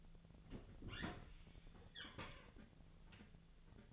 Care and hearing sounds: daily activity, microphone in the room; open fridge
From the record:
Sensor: 4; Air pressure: 1000.9 hPa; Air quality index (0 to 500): 128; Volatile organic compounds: 1 ppm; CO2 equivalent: 956 ppm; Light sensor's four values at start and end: 31/75/31/33 and 27/64/27/29

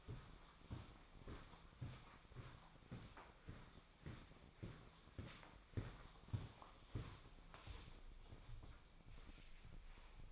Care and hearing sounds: daily activity, microphone in the room; walk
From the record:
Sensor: 1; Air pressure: 1009.4 hPa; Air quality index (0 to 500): 186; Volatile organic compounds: 4 ppm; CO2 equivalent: 1569 ppm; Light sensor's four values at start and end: 50/133/55/67 and 49/134/55/66

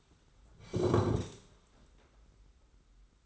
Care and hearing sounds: daily activity, microphone in the room; sit down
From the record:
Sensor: 3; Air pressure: 991.6 hPa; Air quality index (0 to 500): 173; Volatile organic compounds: 1000 ppm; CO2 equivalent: 5732 ppm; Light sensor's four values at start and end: 37/105/43/37 and 34/98/40/34

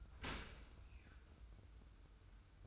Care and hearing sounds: daily activity, microphone in the room; open dishwasher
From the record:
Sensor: 2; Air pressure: 990.3 hPa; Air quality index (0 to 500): 208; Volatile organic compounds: 1000 ppm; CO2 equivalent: 6691 ppm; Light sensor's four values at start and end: 26/61/25/25 and 26/61/25/25

